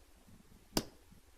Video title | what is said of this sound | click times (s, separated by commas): Carry Takedown Instructions | And you'll hear it click the detent. There'll be a little click, just like that. | 0.8 s